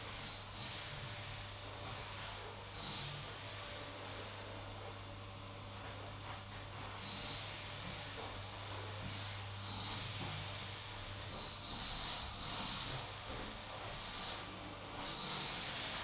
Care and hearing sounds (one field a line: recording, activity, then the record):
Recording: daily activity, microphone in the room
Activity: vacuum cleaning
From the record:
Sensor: 1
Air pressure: 991.8 hPa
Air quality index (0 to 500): 184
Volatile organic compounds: 1000 ppm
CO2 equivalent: 7039 ppm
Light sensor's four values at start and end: 28/99/38/38 and 28/99/38/39